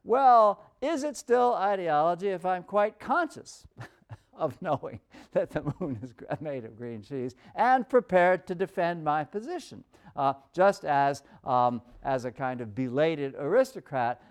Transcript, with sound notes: well, is it still ideology if I’m quite conscious [laughs] of knowing that the moon is made of green cheese and prepared to defend my position?–just as a kind of belated aristocrat,